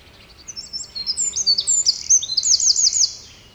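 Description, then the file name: Eurasian wren song, a short burst of piercing high notes speeding into a rattled trill, lasting roughly three seconds. "Troglodytes troglodytes"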